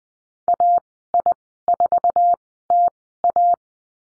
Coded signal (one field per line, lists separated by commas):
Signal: Morse code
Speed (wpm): 20 wpm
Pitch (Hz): 700 Hz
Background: none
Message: AI4TA